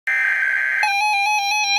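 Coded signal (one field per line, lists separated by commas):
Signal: Emergency Alert System (SAME) tones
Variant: header bursts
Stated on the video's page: Severe Thunderstorm Warning SAME tones from a NOAA Weather Radio station on 162.400 MHz.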